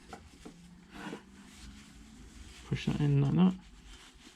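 The second ignition coil pack on a 2013-onward Triumph Daytona 675 motorcycle is handled and lined up over its spark plug in the cylinder head, with soft rubbing and handling noises and a louder stretch between about 2.7 and 3.5 seconds while someone talks. Nothing has seated or clicked yet; the coil pack is not yet home when the clip ends.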